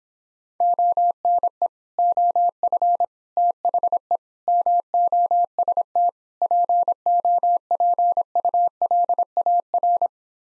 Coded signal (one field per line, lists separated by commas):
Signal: Morse code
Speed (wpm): 26 wpm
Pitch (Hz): 700 Hz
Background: none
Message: ONE OF THE MOST POPULAR